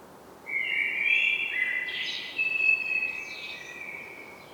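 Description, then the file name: Common blackbird singing one long warbled phrase of mellow fluted notes with brief higher squeaky flourishes mixed in, against a quiet hissing background. "Turdus merula"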